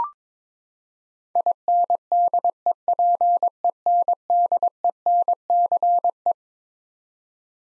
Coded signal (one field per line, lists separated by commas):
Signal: Morse code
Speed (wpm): 22 wpm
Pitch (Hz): 700 Hz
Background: none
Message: INDEPENDENCE